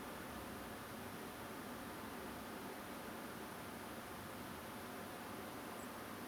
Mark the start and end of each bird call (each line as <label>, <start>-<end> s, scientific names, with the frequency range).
Turdus philomelos (7.4-10.3 kHz), 5.78-5.85 s